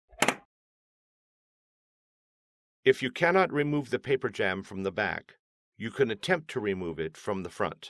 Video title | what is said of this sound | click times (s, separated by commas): Fixing a Carriage Jam HP Officejet Pro 8000 Printer A809a HP | do this gently push the duplexer into the back of the printer until it snaps into place | 0.2 s